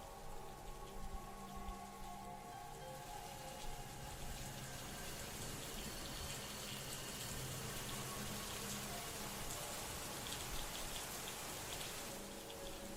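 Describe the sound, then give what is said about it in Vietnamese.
Steady rain falls without pause outside a house at night in the countryside, a dense, even hiss of drops pattering on surfaces, with a low rumble underneath and no voices. “Ngôi nhà chìm vào trong tăm tối, chỉ còn lại tiếng mưa rơi ở bên ngoài.”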